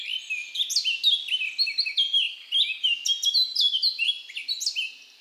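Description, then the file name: Eurasian blackcap song, a fast, rich warble of varied high chirping and fluty notes, continuous throughout and fading at the very end. "Sylvia atricapilla"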